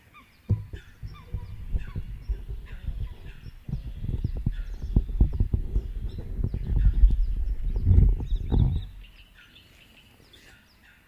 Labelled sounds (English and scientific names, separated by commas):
Little Crake (Porzana parva) call